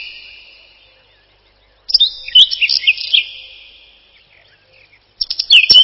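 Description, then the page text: Whinchat song: a scratchy, varied phrase of ticks and quick whistles, then silence, then another phrase begins. "Луговой чекан — Saxicola rubetra"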